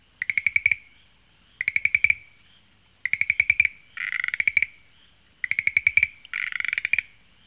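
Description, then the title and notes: Frog calling in several pulsed, rattling trains, some followed by a buzzier, broader croak. "NHK効果音集 - 3-カエル"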